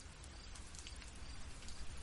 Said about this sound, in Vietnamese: 4 giờ sáng, thành phố S đang ngủ say. Mọi thứ có sự sống đều đang ngủ say. Chỉ có gió mưa càng lúc càng điên cuồng, thét gào và nhè nanh giờ vuốt.